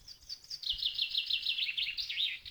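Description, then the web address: Bird song: a rapid, high, twittering phrase of quick rising and falling warbled notes, slightly descending overall, over low rumbling background noise. "Adventures in Lestoria. birds"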